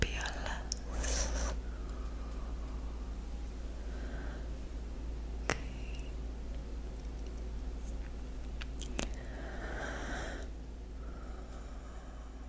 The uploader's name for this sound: Plucking, Invisible Triggers & Unintelligible Whispers